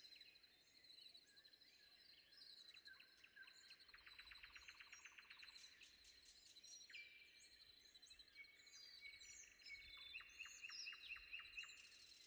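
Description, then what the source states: Common nightingale song: a fast rattling trill, then a long whistle leading into evenly spaced sharp notes, with other birds calling and a steady high drone behind. Recorded before dawn.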